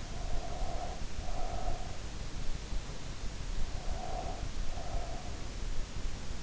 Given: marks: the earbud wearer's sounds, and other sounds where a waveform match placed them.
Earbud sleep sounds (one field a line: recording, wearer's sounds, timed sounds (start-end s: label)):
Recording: sounds in sleep by an in-ear microphone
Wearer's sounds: breath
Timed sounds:
0.16-1.94 s: breath
3.76-5.49 s: breath